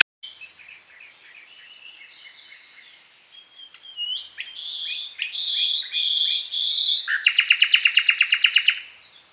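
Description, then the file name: Common nightingale song: quiet notes swell into a series of loud whistles, ending in a fast, loud, regularly repeated rattling trill. "Luscinia megarhynchos"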